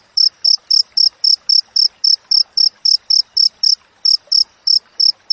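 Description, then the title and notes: Cricket chirps, high and pure, repeated rapidly and evenly, with one brief gap before the rhythm resumes. Clear wild cricket chirping with tight spacing, intended as tutor audio for training songbirds and for repelling rats. "Masteran Jangkrik Alam Jernih, Jeda Rapat Cocok Untuk Masteran Burung Dan Mengusir Tikus. suara jangkrik"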